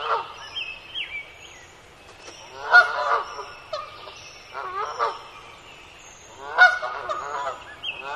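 Bird honking, harsh nasal calls repeated many times, the loudest bursts spaced a few seconds apart.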